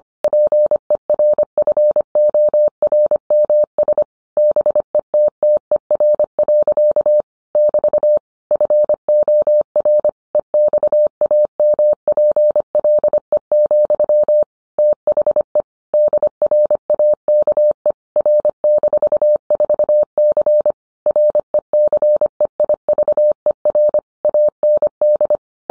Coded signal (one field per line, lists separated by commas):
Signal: Morse code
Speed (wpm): 25 wpm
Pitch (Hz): 600 Hz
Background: none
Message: PERFORMS BETTER. <BT> FOR EXAMPLE, THE DRAKE R-4C RECEIVER AND